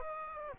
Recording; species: mosquito wingbeat signal from an infrared sensor; Aedes aegypti